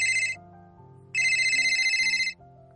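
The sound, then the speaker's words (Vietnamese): A phone ringtone for an incoming call, heard in a restaurant while waiting to order: a stepping electronic melody with bright, shrill upper tones that burst in twice, briefly and then for over a second, fairly loud throughout. “Trong lúc ngồi ở quán ăn, đợi gọi món, Lâm Duyệt Phi nhận được điện thoại của Giang Tùng Bích.”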